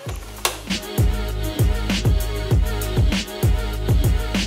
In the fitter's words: then last step we'll go ahead and pop this shroud on it's just pops into place